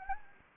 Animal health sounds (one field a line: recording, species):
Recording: mosquito wingbeat signal from an infrared sensor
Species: Anopheles gambiae